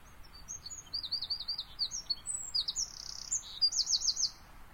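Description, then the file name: Eurasian wren song: rapid high trills and sharp twittering notes in quick succession, ending in a louder buzzy trill, over a hiss of background noise. "Troglodytes troglodytes"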